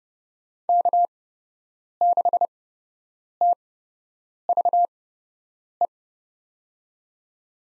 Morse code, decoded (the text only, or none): K6TVE